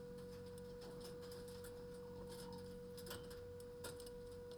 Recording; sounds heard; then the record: poultry house recording; sick chickens (respiratory disease)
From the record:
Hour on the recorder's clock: 22